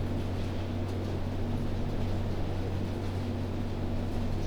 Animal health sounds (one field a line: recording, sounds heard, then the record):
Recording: poultry house recording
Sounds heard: no chicken sound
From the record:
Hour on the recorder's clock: 0